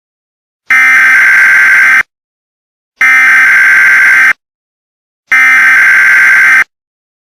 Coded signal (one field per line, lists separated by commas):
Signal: Emergency Alert System (SAME) tones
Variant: header bursts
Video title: EAS Scenario #17 2021